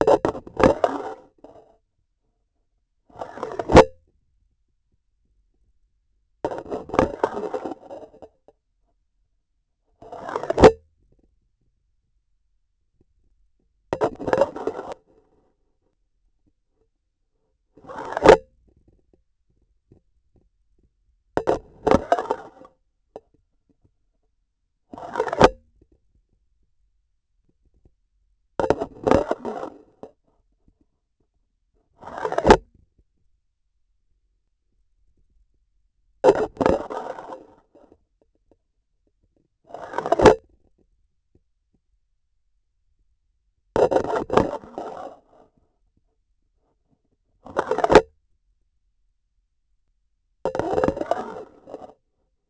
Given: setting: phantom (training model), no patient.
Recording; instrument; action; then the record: laparoscopic instrument, vibration sensor on the handle end; grasping forceps; insertion and removal through the trocar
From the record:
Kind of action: spatial motion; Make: Olympus